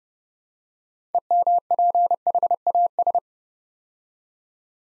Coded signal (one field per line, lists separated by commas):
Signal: Morse code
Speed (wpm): 29 wpm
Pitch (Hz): 700 Hz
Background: none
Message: EMPHAS